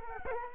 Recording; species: mosquito wingbeat signal from an infrared sensor; Culex quinquefasciatus